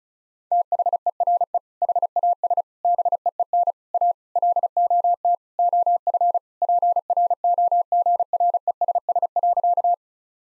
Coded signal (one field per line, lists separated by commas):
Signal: Morse code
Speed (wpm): 36 wpm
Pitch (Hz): 700 Hz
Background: none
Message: THERE HAS BEEN A LOT OF PROGRESS.